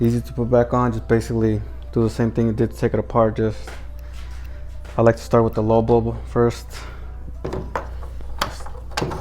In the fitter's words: Hear a little click when you throw it in there, so it's kind of hard to twist on there.